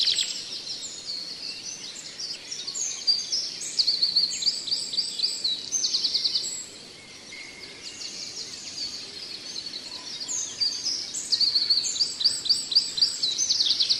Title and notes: Audio Terapi untuk Burung Cendet Macet. Masteran Burung Cendet